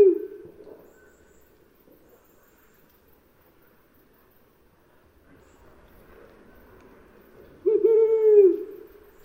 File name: 褐林鴞